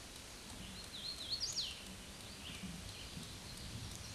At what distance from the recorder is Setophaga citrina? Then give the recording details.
about 30 m. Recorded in a Pennsylvania forest on 18 May 2023 at 09:31. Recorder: AudioMoth, point grid1_35_low. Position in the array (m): 156 m, 111 m